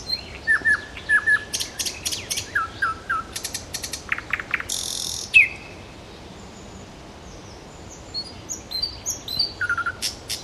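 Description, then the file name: Nightingale song: paired liquid notes, clicking strokes and a harsh high buzz, then a quieter spell before a few last sharp notes. "solovejj"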